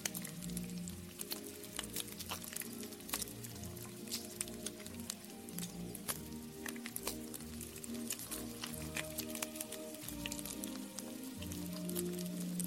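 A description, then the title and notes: In a kitchen, wet squishing and sharp clicks of cooking come often and irregularly over a steady low, muffled hum of distant music. 19th century | Vintage kitchen ASMR Ambience | cooking with oldies playing. Granny is cooking in the kitchen while oldies music playing from living room.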